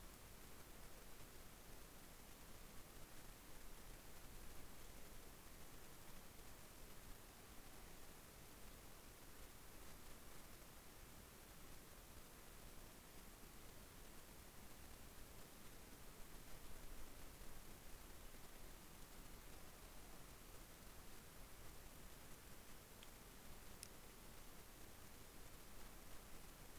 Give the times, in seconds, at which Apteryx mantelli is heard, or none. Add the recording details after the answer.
none. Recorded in New Zealand on 18 December 2013. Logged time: 22:59. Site CJ71